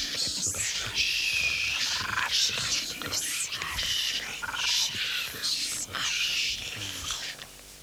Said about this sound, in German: Enten fliegen auf. Enten fliegen auf.